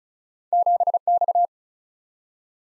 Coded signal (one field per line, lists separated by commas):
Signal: Morse code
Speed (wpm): 36 wpm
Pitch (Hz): 700 Hz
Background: none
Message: 7X